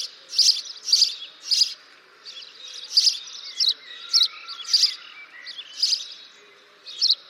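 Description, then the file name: House sparrow giving a run of bright, clipped chirps, almost two per second, with soft twittering underneath. "Passer domesticus"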